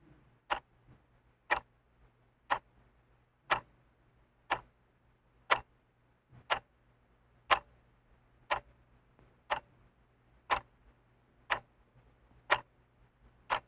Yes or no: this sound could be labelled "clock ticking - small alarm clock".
yes